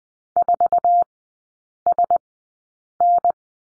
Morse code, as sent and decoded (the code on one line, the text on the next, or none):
....- ... -.
4SN